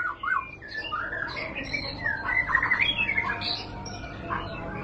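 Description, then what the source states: White-rumped shama singing a busy medley of whistled notes, buzzy trills and sharp chatters that grows fuller midway, with a steady soft hiss underneath. Lure recording (pancingan) of a classy white-rumped shama song, much sought after as tutoring material (masteran) for training caged birds.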